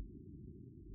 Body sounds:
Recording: neck accelerometer signal played as sound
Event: no cough (speech, laughter, throat clearing or background)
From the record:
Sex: female

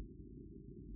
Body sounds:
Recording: neck accelerometer signal played as sound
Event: no cough (speech, laughter, throat clearing or background)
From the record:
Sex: female

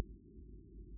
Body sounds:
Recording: neck accelerometer signal played as sound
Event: no cough (speech, laughter, throat clearing or background)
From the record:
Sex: male

